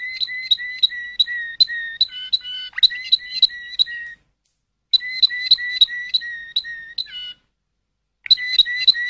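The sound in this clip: Canary song made of sharp, bright chip notes repeated about three per second, with a few lower whistled notes mixed in, sung in bursts between pauses.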